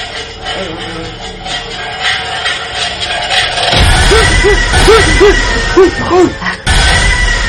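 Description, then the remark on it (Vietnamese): A pot lid drops onto the floor inside a house and rattles, giving a string of repeated metallic ringing wobbles at a steady mid pitch over a low rumbling background, with no voices present. “Trong khoảng im lặng đó, ôi, lại là cái tiếng nắp nồi rớt xuống đất.”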